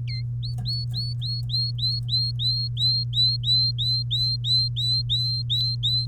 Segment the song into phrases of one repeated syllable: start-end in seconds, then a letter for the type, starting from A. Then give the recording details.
0.08-0.21 A, 0.43-6.06 B. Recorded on 3 May 2018 at 09:46. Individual llb3